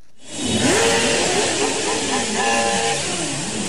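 A loud engine revs hard, its roar climbing in pitch, wavering, then surging again over a steady rush of noise for several seconds.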